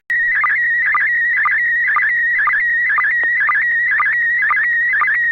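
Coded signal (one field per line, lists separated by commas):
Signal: SSTV (slow-scan television)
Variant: PD 120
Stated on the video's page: SSTV net held on a 441.300 MHz FM repeater in Sacramento, using MMSSTV software.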